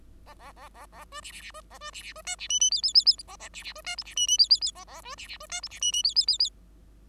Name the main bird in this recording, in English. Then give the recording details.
Bengalese Finch. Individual Bird5